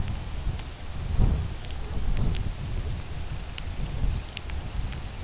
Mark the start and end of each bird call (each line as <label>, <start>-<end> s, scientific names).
Calidris pusilla, 3.08-5.23 s